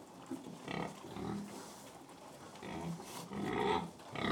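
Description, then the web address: Pig feeding with wet chomping and snuffling, soft grunts scattered through, uneven bursts of chewing noise rising and falling. Pig feeding, close perspective, livestock. "BBC Sound Effects Library. Close Perspective Of Pig Feeding"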